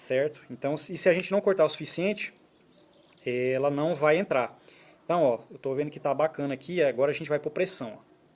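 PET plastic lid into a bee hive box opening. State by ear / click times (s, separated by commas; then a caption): not seated / none. A cut PET plastic lid is handled at the opening of a wooden stingless-bee hive box, about to be pressed in by hand, while someone talks throughout. Faint handling knocks come in a pause around 2.5 to 3.1 seconds. Nothing has seated or clicked yet.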